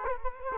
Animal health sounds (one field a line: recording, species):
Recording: mosquito wingbeat signal from an infrared sensor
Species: Culex quinquefasciatus